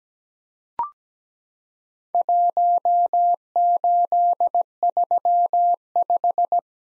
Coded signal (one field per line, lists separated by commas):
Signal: Morse code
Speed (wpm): 17 wpm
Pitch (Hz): 700 Hz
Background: none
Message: 1835